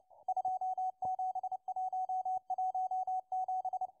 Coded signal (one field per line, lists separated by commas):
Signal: Morse code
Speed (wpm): 29 wpm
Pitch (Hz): 750 Hz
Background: radio noise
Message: 27117